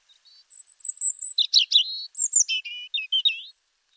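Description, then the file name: European robin song phrase: a very high drawn-out whistle, a burst of jumbled twitters, then thin descending and rising whistled notes. "Erithacus rubecula"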